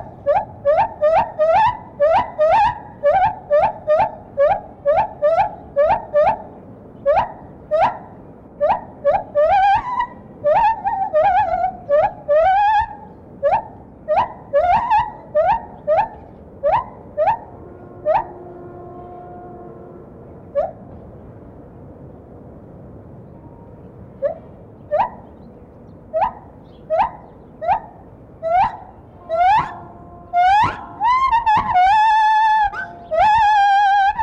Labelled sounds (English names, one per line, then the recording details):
Lar Gibbon
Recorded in captivity
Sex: male
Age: adult
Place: Tierpark Berlin, Berlin, DE
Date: 1976-11-20
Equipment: Uher 4200 Report Stereo, Verstärker, Sennheiser MD 421
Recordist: Tembrock, Günter